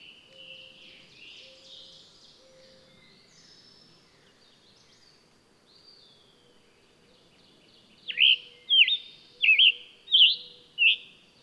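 Bird song that starts faint and smeared, then turns loud and clear at the end with five quick whistled notes, each sharply dipping and rising.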